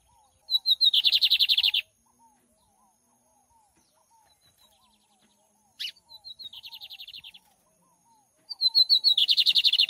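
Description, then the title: Lined seedeater song: bright rapid trills of repeated high notes in bursts about one to two seconds long. Tutor song for teaching birds to sing, recorded live with a waterfall. "Bigode Gavião Negro"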